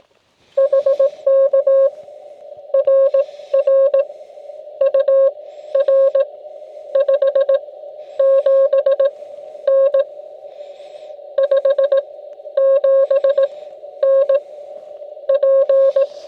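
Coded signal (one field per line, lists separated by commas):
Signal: Morse code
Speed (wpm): 18 wpm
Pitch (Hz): 1080 Hz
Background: none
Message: HK RR UR 57N 57N P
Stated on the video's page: Xiegu G90 calling CQ on 10 meters through an $8 inverted V HF antenna.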